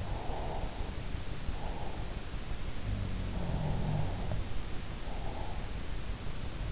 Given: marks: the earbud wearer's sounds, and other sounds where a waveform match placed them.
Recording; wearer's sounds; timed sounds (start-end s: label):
sounds in sleep by an in-ear microphone; breath
0.00-0.80 s: sound from someone else or the room
0.18-0.80 s: breath
1.51-2.08 s: sound from someone else or the room
2.91-4.69 s: sound from someone else or the room